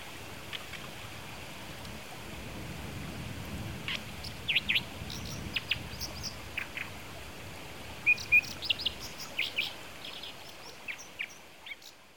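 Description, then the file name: Brown dipper uttering short, high, sharp call notes in loose irregular runs, some doubled, against constant background noise. Kitami, 16 March 2009. "kawagarasu 090316 kitami hanada"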